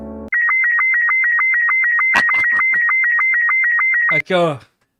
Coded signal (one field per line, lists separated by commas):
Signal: SSTV (slow-scan television)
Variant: Robot 72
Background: speech